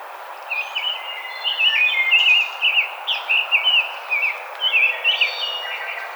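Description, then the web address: Rose-breasted grosbeak singing a long run of rich whistled notes, over light background chirps from other birds. Recorded 5 May 2007. "Rose-breasted Grosbeak 2007 05 05 Rose-breasted Grosbeak"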